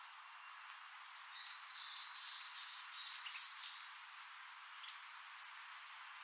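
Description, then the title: Bird calls, a series of thin, very high chirps and short downslurred notes, loosely grouped in bursts with gaps, over steady background hiss. "LuckyPassaro Completos2Sama"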